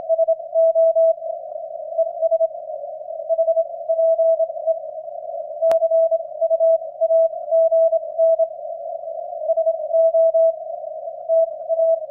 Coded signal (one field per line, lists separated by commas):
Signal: Morse code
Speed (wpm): 27 wpm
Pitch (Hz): 660 Hz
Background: radio noise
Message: SO ES HPE CUAGN SOTA